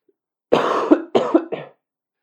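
A short bout of three harsh, voiced coughs runs together over just over a second, with the bursts weakening toward the end, from an adult man who is sick. Quiet room otherwise.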